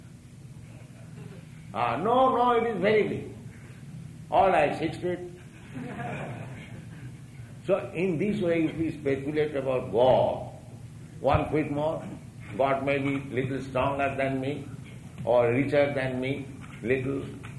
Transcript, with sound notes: "No, no, it is very big." "All right, six feet!" [laughter] So in this way, if we speculate about God—one feet more—God may be little stronger than me, or richer than me, little.